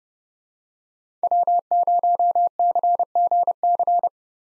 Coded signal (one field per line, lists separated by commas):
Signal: Morse code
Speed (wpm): 30 wpm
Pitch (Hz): 700 Hz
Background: none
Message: W0CGC